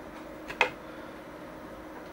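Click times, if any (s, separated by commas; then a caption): 0.6 s. A metal/plastic cover panel is set back onto the open chassis of a Yaesu FT-991 amateur radio transceiver and pressed down after a MARS/CAP frequency expansion modification. A faint tap comes at about 0.5 s, then a single sharp snap at 0.6 s. The cover seats and holds itself in place before the perimeter screws go in.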